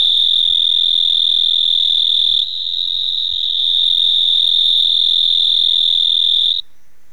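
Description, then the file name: Marbled snout-burrowing frog giving a long, steady, high buzzing trill that runs almost unbroken for over six seconds, dipping briefly in loudness partway through before ending abruptly. "Hemisus marmoratus"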